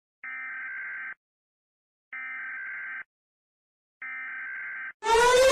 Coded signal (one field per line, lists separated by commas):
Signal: Emergency Alert System (SAME) tones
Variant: header bursts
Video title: EAS alarm that sound the same !￼￼